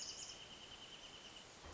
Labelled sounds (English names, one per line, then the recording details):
Wrentit
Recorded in Sonoma County, California